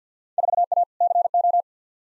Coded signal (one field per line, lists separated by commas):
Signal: Morse code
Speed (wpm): 50 wpm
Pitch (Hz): 700 Hz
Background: none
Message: 4A CO